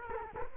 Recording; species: mosquito wingbeat signal from an infrared sensor; Culex quinquefasciatus